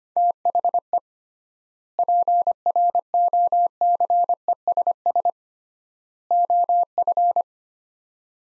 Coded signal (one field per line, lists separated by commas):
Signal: Morse code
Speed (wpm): 25 wpm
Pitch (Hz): 700 Hz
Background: none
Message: THE PROCESS OF